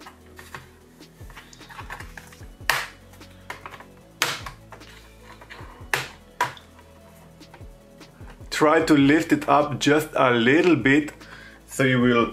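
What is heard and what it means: A plastic tool is worked around the edge of a Lenovo V17 laptop's plastic bottom cover, lifting it slightly so the retaining clips on the chassis pop loose. Sharp clicks sound at 2.7, 4.2 and 5.9 seconds, with a softer one at 3.5 s and another sharp snap near 6.4 s. Someone talks over the last few seconds as the cover comes free.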